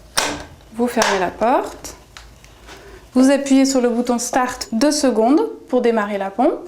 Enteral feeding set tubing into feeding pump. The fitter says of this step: vous tirez légèrement jusqu'à ce que ça s'enclenche